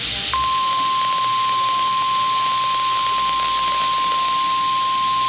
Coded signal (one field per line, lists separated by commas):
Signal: Emergency Alert System (SAME) tones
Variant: 1050 Hz attention tone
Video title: EAS Alert #107 - Severe Thunderstorm Watch 7/19/11